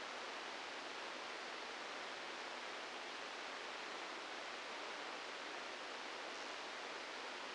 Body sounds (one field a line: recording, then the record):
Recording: brain microelectrode recording played as sound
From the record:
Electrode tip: outside the subthalamic nucleus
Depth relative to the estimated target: 3 mm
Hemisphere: left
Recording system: NeuroSet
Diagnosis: Parkinson's disease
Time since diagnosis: 15 years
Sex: female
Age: 59 years